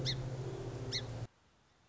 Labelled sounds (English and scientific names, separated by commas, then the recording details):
Song Sparrow (Melospiza melodia)
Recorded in Sonoma County, California